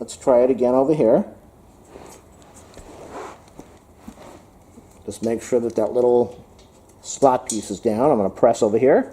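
Someone talks while positioning the end of a steel slat at a slot bracket on a bed frame, checking that the small slot piece is down before pressing it in. Between the speech, faint short metal handling taps and scrapes are heard around 2.4 to 3.6 seconds. Nothing has seated or clicked yet.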